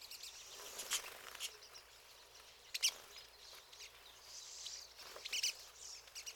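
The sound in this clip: Pine siskin calls: short high twittering bursts, separated by quieter gaps of soft background chatter.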